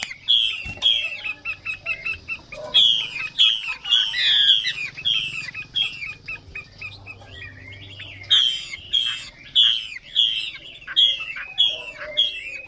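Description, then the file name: Chinese hwamei song: rich whistled phrases in rapid series, with a softer twittering stretch midway before loud repeated notes return. Female hwamei singing. "Tieng chim hoa mi mai hot"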